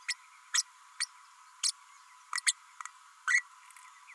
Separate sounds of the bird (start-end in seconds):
0.08-0.14, 0.53-0.62, 1.00-1.06, 1.63-1.71, 2.46-2.52, 3.27-3.43